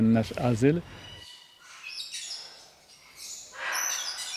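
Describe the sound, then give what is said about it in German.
A brief spoken voice gives way to Java sparrows chattering at a bird refuge, a series of soft, high chirps and twittering notes that rise slightly toward the end. “Das ist ein Reisfink.”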